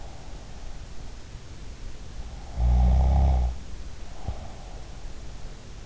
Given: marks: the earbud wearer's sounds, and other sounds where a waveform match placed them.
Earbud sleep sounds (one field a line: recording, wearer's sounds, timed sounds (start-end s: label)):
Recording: sounds in sleep by an in-ear microphone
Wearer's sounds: snoring breath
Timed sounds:
2.45-4.74 s: snoring breath